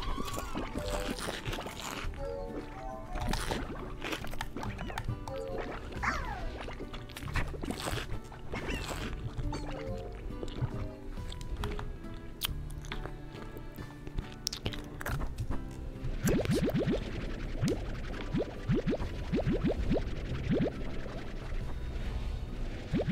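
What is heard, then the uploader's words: Wet gum chewing and mouth clicks pop steadily and densely throughout, over a soft, tinkly melody of sustained notes in the background. From about sixteen seconds the tune thins out and the smacking grows busier and louder. Gum Chewing Mouth Sounds.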